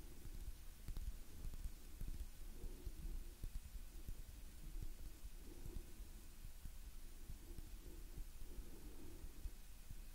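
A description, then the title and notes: Soft hand movements rustle and brush steadily, with low muffled rumbles and gentle breathing-like swells recurring throughout the quiet background. Gentle Hand Sounds Movements & Breathing No Talking.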